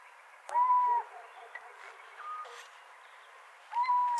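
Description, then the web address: Little owl gives two level, mewing calls about three seconds apart, with a few faint clicks and a softer call heard in between. "athene noctua call"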